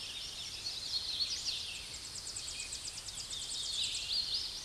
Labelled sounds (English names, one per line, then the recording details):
Hooded Warbler song
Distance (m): 45 m
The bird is about 5 m above the microphone
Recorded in a Pennsylvania forest on 16 May 2024 at 08:13
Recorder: AudioMoth, point MSD-2155
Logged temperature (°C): 15.6 °C
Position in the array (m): 99 m, 92 m